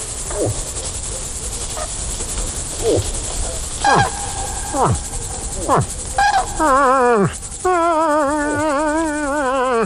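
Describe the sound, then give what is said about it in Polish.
A man imitates a moose call with his mouth alone, without any calling tube, as used to lure moose when hunting: several short, deep grunting calls that slide downward, then two long, wavering, moaning bellows with a loud, rough tone. “I się okazało, że bez żadnych tub, innych takich wspomagaczy po prostu paszczą, odgłos paszczą i wystarczy.”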